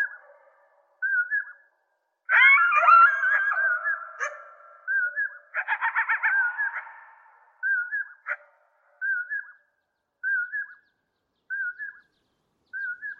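Bird calls: short, mid-pitched whistled notes repeat at a steady pace, roughly one every second or so. Around the third second a louder, busier burst of overlapping calls rises up, and near the sixth second a rapid stuttering trill breaks in before the lone whistles resume.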